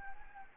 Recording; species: mosquito wingbeat signal from an infrared sensor; Anopheles gambiae